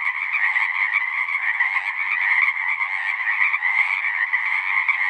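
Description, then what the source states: Full chorus of Pacific chorus frogs, many rasping ribbit calls overlapping into a constant, buzzing wall of sound. Full chorus after dusk; males giving the advertisement call, a distinct kree-eeck or ribbit, to attract females.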